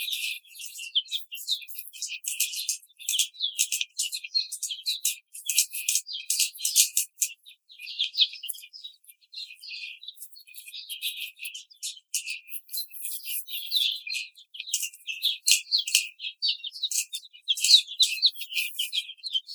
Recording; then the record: young laying hens in a cage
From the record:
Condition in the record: treatment cage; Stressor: simulated dog barking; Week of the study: 5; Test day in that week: 1